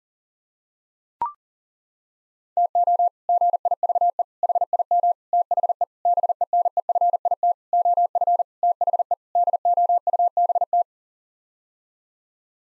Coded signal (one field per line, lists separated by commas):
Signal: Morse code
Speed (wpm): 40 wpm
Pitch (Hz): 700 Hz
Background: none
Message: TO GIVE HIM THE BENEFIT OF THE DOUBT